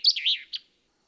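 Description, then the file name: Common chaffinch giving a short call: a high, wavering chirp that sweeps down and up, followed by one brief clipped note, then silence. "Fringilla coelebs"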